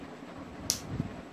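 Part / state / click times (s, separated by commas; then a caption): plastic cap onto liquid eyeliner pen / seated / 0.7 s. A plastic cap is pushed shut onto a fine-tip black liquid eyeliner pen and seats with a sharp, bright click at 0.7 s; the cap has a safety click that keeps the tip secure. A softer, low thump follows near 1.0 s over a faint steady background hum.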